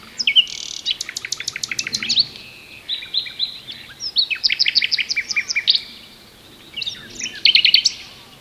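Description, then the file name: Common nightingale singing loud, fast trills of sharp repeated notes and whistles in three main phrases, with brief silences between them. "Luscinia megarhynchos"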